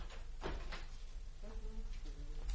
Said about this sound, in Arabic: تسير إلى الباب الأمامي وتغلقه بالمزلاج.